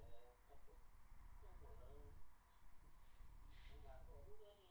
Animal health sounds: poultry house recording; no chicken sound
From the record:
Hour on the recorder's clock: 8

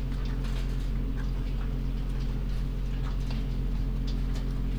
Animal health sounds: poultry house recording; sick chickens (respiratory disease)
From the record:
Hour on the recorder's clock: 3

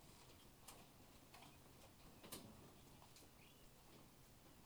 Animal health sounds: poultry house recording; healthy chickens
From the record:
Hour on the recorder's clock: 12

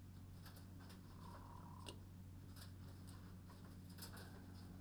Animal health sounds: poultry house recording; sick chickens (respiratory disease)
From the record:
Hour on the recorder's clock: 22

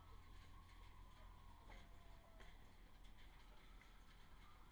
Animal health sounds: poultry house recording; healthy chickens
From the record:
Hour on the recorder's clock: 12

